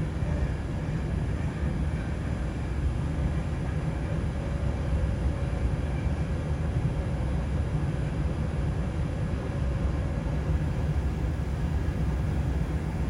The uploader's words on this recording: With the CAT (City Airport Train), Vienna offers a rapid connection between city centre and airport. It’s relaxing and soothing with minor hums and clicks and not overcrowded. Recorded by Rebecca Goldberg.